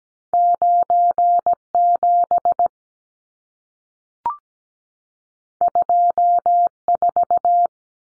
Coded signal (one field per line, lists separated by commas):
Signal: Morse code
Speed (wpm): 17 wpm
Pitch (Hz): 700 Hz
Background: none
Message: 97 24